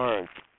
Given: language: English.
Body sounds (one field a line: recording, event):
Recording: throat vibration sensor signal played as sound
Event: speech